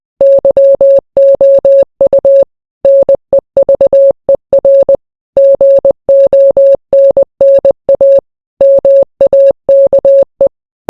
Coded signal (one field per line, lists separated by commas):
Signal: Morse code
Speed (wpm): 20 wpm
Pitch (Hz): 550 Hz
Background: none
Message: YOU NEVER GONNA MAKE